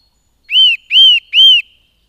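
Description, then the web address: Eurasian nuthatch giving three clear, ringing whistles in quick succession, each rising then falling, in an otherwise silent background. "agykontroll Madardalok Cd 1. Csuszka"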